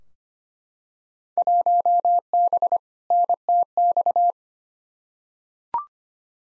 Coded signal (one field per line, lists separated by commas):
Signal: Morse code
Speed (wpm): 25 wpm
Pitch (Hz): 700 Hz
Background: none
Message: 1B NTX